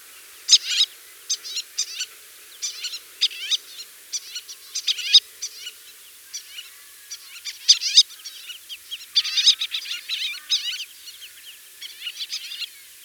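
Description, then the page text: White-tailed lapwing flight calls: rapid, high clipped notes in dense irregular bursts, almost continuous. "White-Tailed Lapwing Flight Calls. Quick Sounds"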